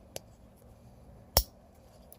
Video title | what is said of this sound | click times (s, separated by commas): $25 Battery Hack for Travel Trailers or Fifth Wheels! | black terminal into the negative side snap | 1.4 s